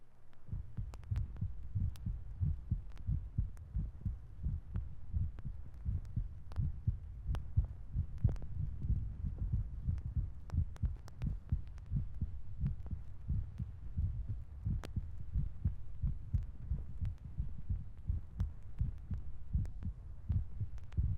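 Low, regular thumping heartbeat at about 87 beats a minute, a sound effect.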